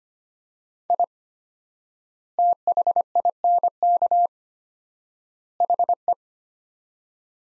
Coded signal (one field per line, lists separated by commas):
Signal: Morse code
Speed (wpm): 25 wpm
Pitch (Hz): 700 Hz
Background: none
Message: I THINK HE